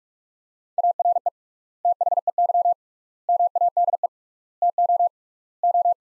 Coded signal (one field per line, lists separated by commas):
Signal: Morse code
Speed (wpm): 42 wpm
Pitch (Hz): 700 Hz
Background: none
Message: ARE THEY MADE TO O